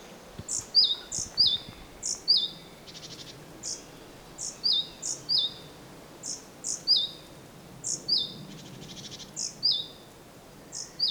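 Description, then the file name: Great tit calling steadily, each unit a sharp high note dropping into a slurred lower whistle, given repeatedly, with two short buzzy bursts. "Parus major"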